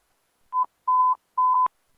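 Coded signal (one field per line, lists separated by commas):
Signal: none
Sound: radio channel alert beeps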